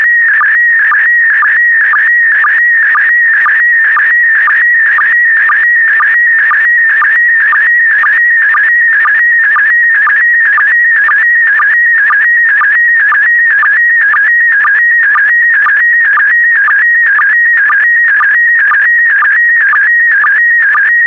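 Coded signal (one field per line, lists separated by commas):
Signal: SSTV (slow-scan television)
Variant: PD120 mode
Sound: warbling tone stepping around 1.5-2.3 kHz with regular short low sync chirps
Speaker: Transmission complete. You can now check your decoded image against the picture that is shown on the video.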